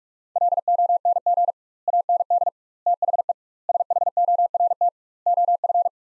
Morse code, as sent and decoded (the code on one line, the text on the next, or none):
.-.. --- -. --. / .- -. -.. / - .... . / ... .... --- .-. - / --- ..-.
LONG AND THE SHORT OF